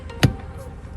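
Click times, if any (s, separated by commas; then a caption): 0.2 s. A gear shifter knob, covered with a sock to protect its leather, is pushed back onto a car's shift lever during a Kia Optima shifter repair. A single sharp click at 0.2 s shows the knob seating on the lever, against a low background hum. The knob is confirmed to be on.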